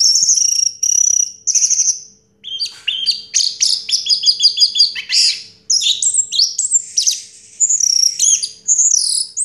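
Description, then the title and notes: Orange-headed thrush singing high clear whistled notes, then a dense jumble of rapid mixed phrases and slurred whistles continuing to the end. Anis merah song in the 'teler' style, with a clear voice. "Anis Merah Teler Suara Jernih. suara anis merah"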